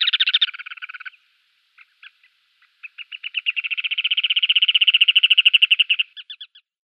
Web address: Schulze Peter Turnstone calls